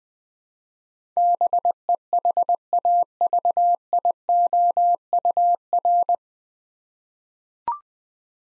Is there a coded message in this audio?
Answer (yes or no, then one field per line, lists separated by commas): yes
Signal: Morse code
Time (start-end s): 1.2-6.2 s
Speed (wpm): 20 wpm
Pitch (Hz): 700 Hz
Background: none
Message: BEHAVIOUR